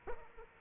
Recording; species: mosquito wingbeat signal from an infrared sensor; Aedes aegypti